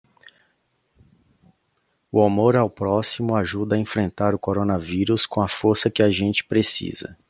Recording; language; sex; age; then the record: spoken sentence; Brazilian Portuguese; male; 30 to 39 years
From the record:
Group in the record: control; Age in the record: 36 years